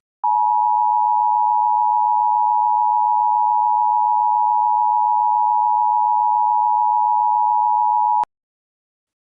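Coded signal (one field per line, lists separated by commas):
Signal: Emergency Alert System (SAME) tones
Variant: 853 and 960 Hz attention tone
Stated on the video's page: Fictional EAS scenario made for entertainment, not a real broadcast; tones may or may not be valid.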